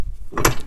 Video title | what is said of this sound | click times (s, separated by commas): NP208 Transfer Case Reassembly Part 3 - Putting the Guts in | with these until it snaps in place yep yes so | 0.4 s